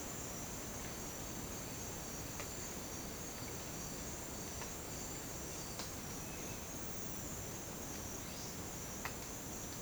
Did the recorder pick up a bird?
no